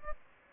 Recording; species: mosquito wingbeat signal from an infrared sensor; Aedes aegypti